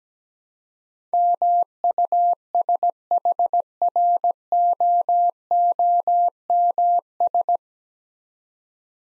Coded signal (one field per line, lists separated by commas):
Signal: Morse code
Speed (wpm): 17 wpm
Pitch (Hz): 700 Hz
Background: none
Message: MUSHROOMS